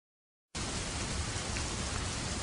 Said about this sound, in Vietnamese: Một cơn mưa xối xả trên mái, có cả sấm chớp đùng đùng.